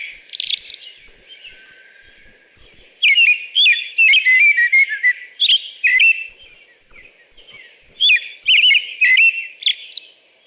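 American robin singing: a brief high squeak, a pause, then loud rapid runs of warbled whistled phrases, repeated after another short gap.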